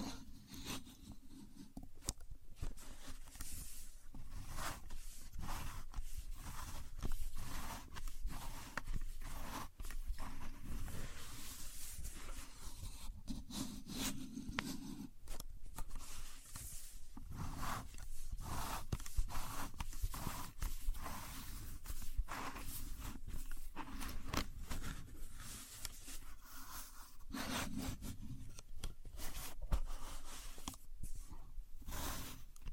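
A contour gauge is worked by hand, its pins giving a dense, busy run of dry clicks, rattles and scrapes across the whole stretch. Sharp ticks arrive irregularly over a steady low rumble, with brief pauses near fifteen and twenty-eight seconds. No voices.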